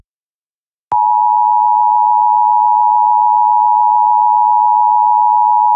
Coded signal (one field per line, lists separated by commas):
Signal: Emergency Alert System (SAME) tones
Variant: 853 and 960 Hz attention tone